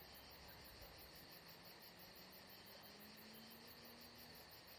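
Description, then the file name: High cricket chirps pulse on without a break while a faint low drone slowly rises in the background. Crickets atmosphere at Saint-Jean-de-Luz. "Saint Jean De Luz Crickets Atmosphere Only Paul Parker Sven Jungbeck"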